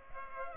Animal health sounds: mosquito wingbeat signal from an infrared sensor; Culex pipiens

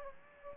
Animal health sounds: mosquito wingbeat signal from an infrared sensor; Aedes aegypti

